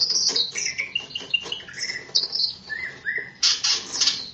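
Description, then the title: Greater green leafbird song, a quick medley of whistled slurs, chirps and buzzy high notes, with faint background hiss. "KICAU BURUNG CUCAK IJO"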